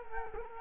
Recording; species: mosquito wingbeat signal from an infrared sensor; Culex quinquefasciatus